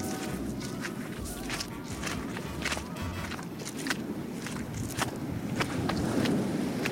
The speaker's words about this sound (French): Voilà, on se transporte en dehors de ce studio de l'Agora, de la Maison de la Radio, avec ces bruits de vagues lointaines et ces pas sur le sable.